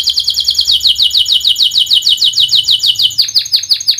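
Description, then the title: Canary song: a fast, even trill of high sweeping notes, slowing into separate downslurred chirps near the end. Canary (kenari) in active full song ('gacor'), featuring prized melodic turns ('cengkok') and fill phrases ('isian'), from the Indonesian songbird hobby scene. "Kenari Gacor Cengkok Terbaik Isian Paling Mewah Kenarigacor Kicaumania Kenari"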